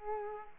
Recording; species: mosquito wingbeat signal from an infrared sensor; Culex quinquefasciatus